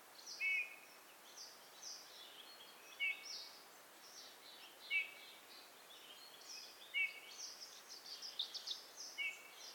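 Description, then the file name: Eurasian bullfinch: several soft, short whistled calls, with faint higher chirps from other birds throughout. "Pyrrhula pyrrhula"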